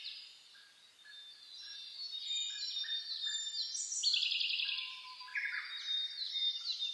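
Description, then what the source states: Birds singing in a swelling dawn chorus, soft at first then louder, with chirps, a buzzy rattling trill and several whistled phrases overlapping. Dawn chorus (reimei) of birdsong (saezuri), recorded 10 May 2010.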